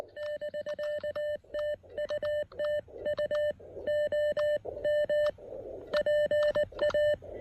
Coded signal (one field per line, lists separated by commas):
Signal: Morse code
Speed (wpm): 19 wpm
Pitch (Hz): 1800 Hz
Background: none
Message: <BK> TU TU OM PA